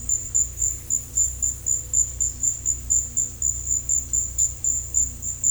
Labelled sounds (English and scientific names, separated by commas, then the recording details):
none
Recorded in dense forest near Puerto Asís, Putumayo, Colombia, on 16 December 2024 at 14:00
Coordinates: 0.467, -76.328
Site GP05